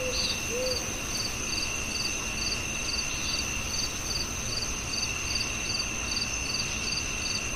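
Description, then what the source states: High cricket chirps pulse steadily over a shrill continuous trill; soft owl hoots sound right at the start, then only insects continue. At night, with owls.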